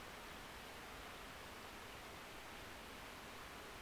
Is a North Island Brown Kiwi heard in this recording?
no